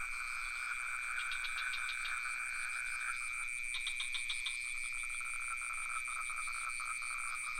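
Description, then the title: A dense cricket chorus of high, steady trills, joined by repeated bouts of quick rattling frog pulses. Crickets with some frogs, recorded near the pond in Ubud, Sony PCM D50 with Rode NT4 microphone. "Crickets and frogs in Ubud"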